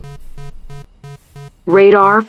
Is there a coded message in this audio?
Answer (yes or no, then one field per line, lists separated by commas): no